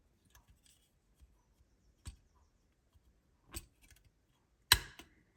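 The second plastic wing of a PPC American Airlines Boeing 787-9 1:200 scale snap-fit model is pressed into the fuselage, with soft scattered ticks and handling clicks around 2.1 s and 3.6 s. It ends in a loud, sharp snap at 4.7 s as the wing seats in place.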